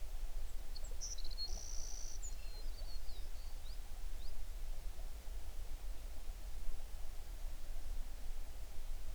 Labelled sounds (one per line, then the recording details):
songbird
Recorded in the Prudhoe Bay oil fields, Alaska, on 11 June 2019 at 05:43
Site 21